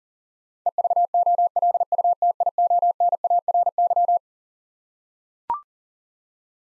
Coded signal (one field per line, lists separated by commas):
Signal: Morse code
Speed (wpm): 40 wpm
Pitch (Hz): 700 Hz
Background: none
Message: EVOLUTIONARY